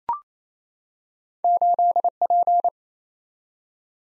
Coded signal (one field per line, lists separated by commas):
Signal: Morse code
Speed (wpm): 28 wpm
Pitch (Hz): 700 Hz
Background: none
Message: 8P